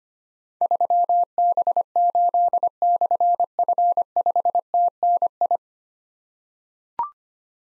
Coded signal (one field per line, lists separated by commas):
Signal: Morse code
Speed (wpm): 25 wpm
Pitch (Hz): 700 Hz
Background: none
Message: 3B8/F5TNI